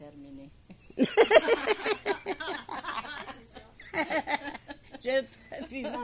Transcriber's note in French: All laughing